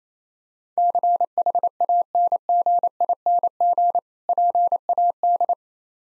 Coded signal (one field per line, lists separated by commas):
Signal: Morse code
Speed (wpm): 27 wpm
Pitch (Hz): 700 Hz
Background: none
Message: CHANGING PAD